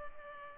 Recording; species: mosquito wingbeat signal from an infrared sensor; Culex pipiens